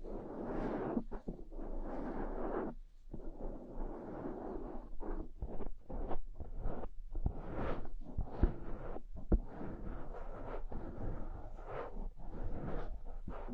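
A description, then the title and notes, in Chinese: Ear cleaning with various sticks: dense rustling and scraping bursts fill most of the clip, each lasting a second or two with short gaps between. The scratching is mostly low and mid, with occasional brighter swishes, and a couple of sharp little clicks near eight and nine seconds. 用各种棒棒清理你的耳朵。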